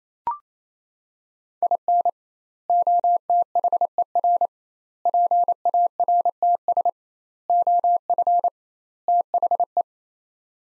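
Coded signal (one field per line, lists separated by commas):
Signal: Morse code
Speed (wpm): 28 wpm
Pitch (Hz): 700 Hz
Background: none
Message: IN OTHER PARTS OF THE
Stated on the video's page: Practice sets of five words at 28 wpm with 2x word spacing, a Farnsworth-like method applied to words.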